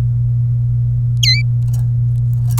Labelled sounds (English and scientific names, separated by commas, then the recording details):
Domestic Canary (Serinus canaria) song
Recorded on 26 April 2018 at 14:26
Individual llb3